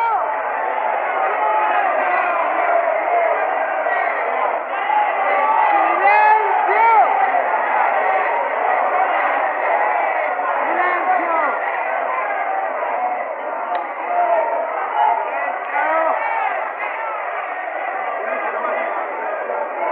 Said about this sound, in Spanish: La ovación de los laburantes, dice, era ensordecedora, no los podían callar.